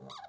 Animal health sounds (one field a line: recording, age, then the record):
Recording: pig call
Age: piglet (1 to 25 days)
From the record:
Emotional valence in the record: negative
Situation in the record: short isolation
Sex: female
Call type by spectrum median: low-frequency call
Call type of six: mixed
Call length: 0.28 s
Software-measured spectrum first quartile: 732 Hz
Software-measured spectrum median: 1390 Hz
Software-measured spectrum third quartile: 4038 Hz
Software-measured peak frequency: 785 Hz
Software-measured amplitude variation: 153 dB a second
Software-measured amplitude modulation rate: 23.0 a second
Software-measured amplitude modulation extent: 6.7 dB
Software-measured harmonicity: 5.6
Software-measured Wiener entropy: -3.61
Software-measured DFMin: 1018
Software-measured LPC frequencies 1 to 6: 735, 1158, 1955, 3794, 4631, 5843 Hz